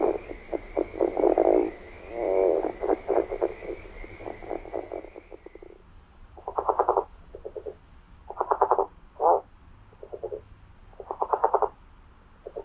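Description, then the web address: California red-legged frog croaking: fast stuttering grunts at first, then separate short pulsed chuckles spaced about a second apart. North America. "Songs of Frogs Toads of North America. California Red-legged Frog"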